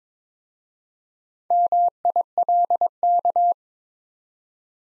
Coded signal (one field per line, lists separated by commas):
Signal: Morse code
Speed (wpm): 23 wpm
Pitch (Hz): 700 Hz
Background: none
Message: MILK